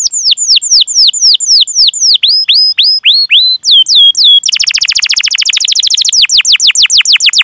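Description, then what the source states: Canary song: a series of descending whistled notes, several per second, shifting to a rapid buzzy trill and ending in falling sweeps. Lively singer (gacor) said to have the best song phrasing (cengkok) and most luxurious fill-ins (isian); Indonesian bird-keeping hobby (kicaumania) recording.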